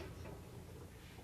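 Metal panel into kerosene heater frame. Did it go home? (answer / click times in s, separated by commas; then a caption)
no / none. A metal panel is being handled into the frame of a KeroHeat 23,500 BTU kerosene heater during assembly. Low, steady rustling and handling noise fill the clip with no sharp transients. Nothing has seated or clicked yet.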